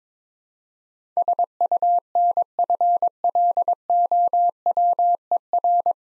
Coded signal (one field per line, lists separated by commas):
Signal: Morse code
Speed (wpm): 22 wpm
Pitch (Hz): 700 Hz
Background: none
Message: SUNFLOWER